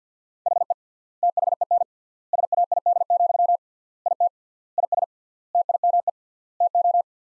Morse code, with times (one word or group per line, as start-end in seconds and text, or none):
0.5-0.7 HE
1.2-1.8 THEN
2.3-3.6 SAID,
4.1-4.3 IT
4.8-5.0 IS
5.5-6.1 TIME
6.6-7.0 TO